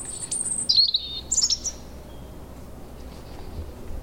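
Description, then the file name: European robin song phrase: a high thin note followed by a quick warbling, tumbling run of twittered notes, then quiet. "Erithacus rubecula"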